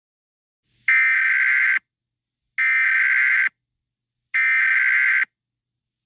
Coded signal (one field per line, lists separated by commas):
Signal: Emergency Alert System (SAME) tones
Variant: header bursts